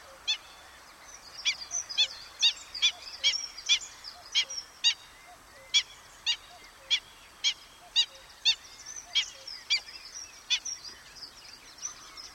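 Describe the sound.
Black-winged stilt giving a long series of sharp, high yelping calls, more widely spaced in the second half, over a constant hiss.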